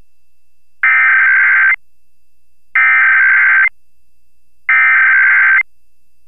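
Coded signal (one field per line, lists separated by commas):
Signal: Emergency Alert System (SAME) tones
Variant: header bursts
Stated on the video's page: National EAS test (NPT) and North Dakota required monthly test, received on FM broadcast stations in Fargo/Moorhead and Minneapolis/St. Paul.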